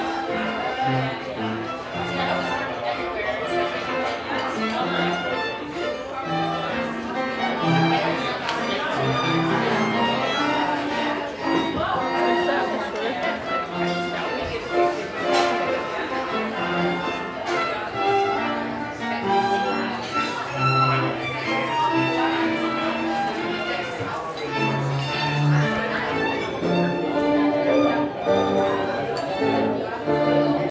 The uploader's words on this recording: Traditional coffee house, Vienna, Austria in March 2023 – by Lucia Mair. This is a short snippet of an afternoon in a traditional coffeehouse in Vienna, Austria in March 2023.